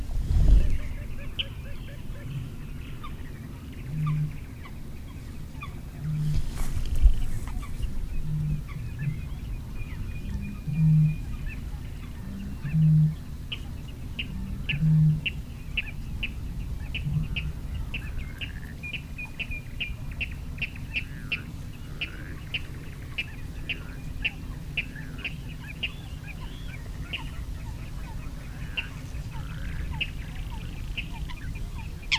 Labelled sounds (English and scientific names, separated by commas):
Water Rail (Rallus aquaticus)